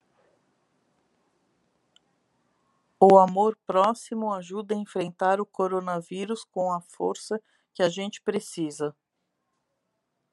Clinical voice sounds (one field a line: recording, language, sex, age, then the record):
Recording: spoken sentence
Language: Brazilian Portuguese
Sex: female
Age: 40 to 49 years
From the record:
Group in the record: control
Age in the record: 45 years